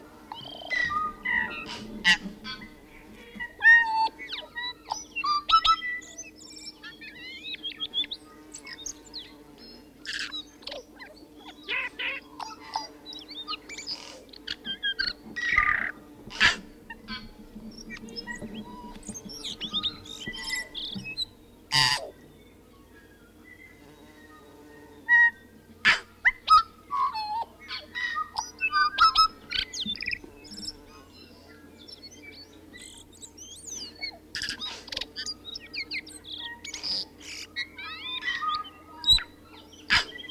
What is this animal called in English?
Tūī